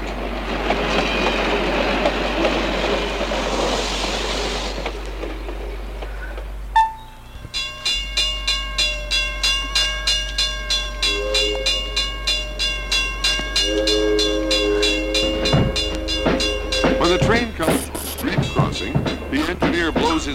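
A freight train rolls along the rails: a loud, broad rumble gives way to a steady, rapid rhythm of wheel clacks over a sustained mechanical drone, with a brief higher whine near the end.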